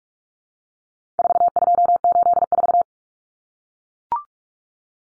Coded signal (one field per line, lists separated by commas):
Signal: Morse code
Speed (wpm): 44 wpm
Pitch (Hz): 700 Hz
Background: none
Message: 4284